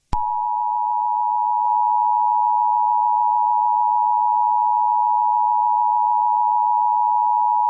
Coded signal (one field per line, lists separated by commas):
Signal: Emergency Alert System (SAME) tones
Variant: 853 and 960 Hz attention tone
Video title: EAS scenario 6: whitty’s explosion part 4 it’s still going